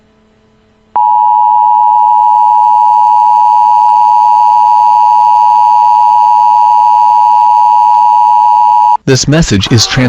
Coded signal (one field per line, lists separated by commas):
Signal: Emergency Alert System (SAME) tones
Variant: 853 and 960 Hz attention tone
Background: speech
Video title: EAS Scenario: Barney Error FULL SERIES (Reupload & Read Description)